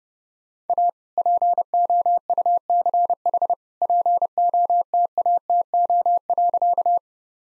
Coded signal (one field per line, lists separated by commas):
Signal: Morse code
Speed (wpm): 31 wpm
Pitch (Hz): 700 Hz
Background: none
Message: A POUCH POTATO.